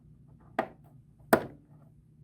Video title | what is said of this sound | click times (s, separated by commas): REF Replace Refrigerator Water Valve | you'll fill it click into place | 0.6 s, 1.3 s